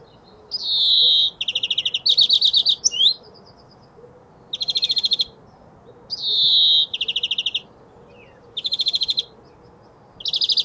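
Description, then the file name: European greenfinch giving rapid trills and smoother nasal notes in short bursts, with pauses between groups over steady low background noise. "Chloris chloris"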